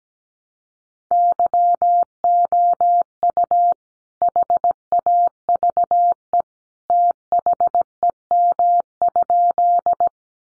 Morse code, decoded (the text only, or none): YOU HAVE THEM?